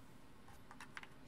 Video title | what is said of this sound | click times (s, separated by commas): Logitech POP Keys Mechanical Wireless Keyboard (Blast Yellow) | snaps right in | 1.0 s